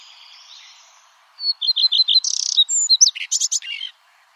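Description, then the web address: Common redstart song: a high thin note, then a quick run of repeated chirps, ending in a varied scratchy, twittering flourish. "chant Rouge queue a front blanc"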